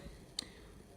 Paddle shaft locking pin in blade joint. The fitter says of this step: locking pin, and that can just press out, and then you pull apart the shaft